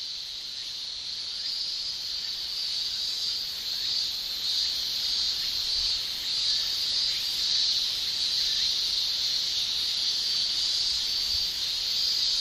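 Cicada buzzing in a steady, continuous high-pitched drone with slight pulsing swells in loudness throughout.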